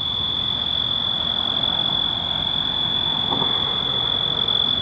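Insect calling with one unbroken, steady high-pitched tone that holds level throughout, over faint low background hiss.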